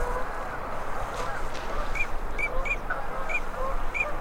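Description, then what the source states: Ducks giving a few brief whistled notes, spaced roughly every half second in the second half, over a dense low rumbling noise. Male and female migratory ducks.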